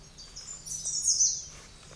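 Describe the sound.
Bird gives a single high, thin, fluttering call against faint background hiss.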